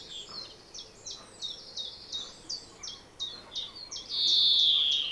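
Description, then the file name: European greenfinch chirping in quick uneven twitters, ending with a sustained, loud, buzzy wheeze that glides slightly downward. "Chloris chloris"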